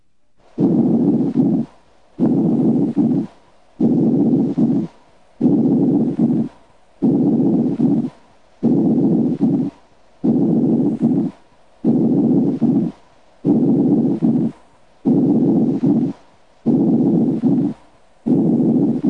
Normal breath sounds. In a patient with a pleural effusion in the right posterior lower lung field, normal breath sounds are heard on the contralateral side over healthy lung tissue.